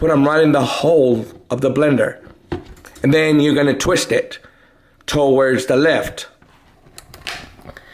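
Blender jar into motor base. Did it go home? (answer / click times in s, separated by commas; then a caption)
yes / 7.3 s. Someone talks while an upside-down blender jar's white tabs are set into the holes on the motor base and the jar is twisted to the left. A short, sharp click at 7.3 s, among a few small taps near the end, shows the jar has locked in place on the base.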